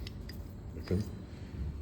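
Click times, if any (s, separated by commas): 0.1 s, 0.3 s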